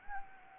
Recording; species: mosquito wingbeat signal from an infrared sensor; Anopheles gambiae